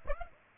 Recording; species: mosquito wingbeat signal from an infrared sensor; Aedes aegypti